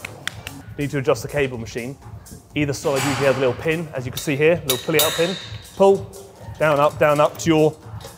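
Someone talks while a cable machine pulley is handled, with its spring pin pulled out so the pulley can slide up or down the metal column to the chosen height. A few faint, brief ticks sound near the start under the voice. The spring pin has not yet snapped into a hole in the column, so nothing has seated or clicked yet.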